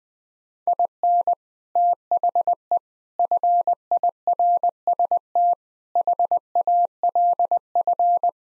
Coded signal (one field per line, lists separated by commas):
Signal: Morse code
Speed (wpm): 20 wpm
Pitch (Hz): 700 Hz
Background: none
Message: IN THE FIRST HALF